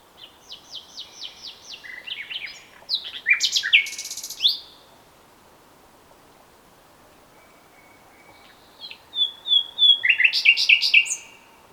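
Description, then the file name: Common nightingale song: a run of repeated notes and harsh buzzy elements, a silent pause of about four seconds, then a whistle and loud rapid chattering. "Luscinia megarhynchos"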